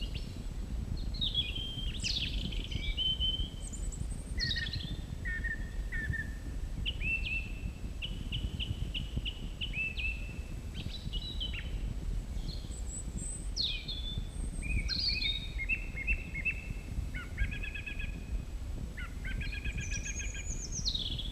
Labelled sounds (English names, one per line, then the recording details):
Song Thrush song
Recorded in the wild
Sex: male
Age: adult
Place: Mežakla, Julijske Alpe, Gorenjska, SI
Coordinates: 46.4, 14
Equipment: Uher 4000, Phillips Mikrofon
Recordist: Brunner, Thomas
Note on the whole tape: Frühjahr 1968, oberhalb des Heimes auf Mesakla aufgenommen